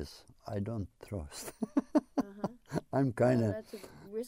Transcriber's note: he laughs